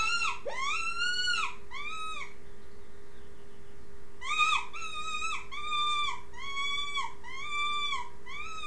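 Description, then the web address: Rabbit squealing cries, a long wavering wail followed by shorter arched squeals, a pause of about two seconds, then a steady run of repeated cries over a low hum. "wild-game-downloads rabbits"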